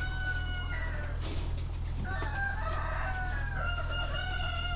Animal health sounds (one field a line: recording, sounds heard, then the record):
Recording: poultry house recording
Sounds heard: healthy chickens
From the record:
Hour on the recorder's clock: 18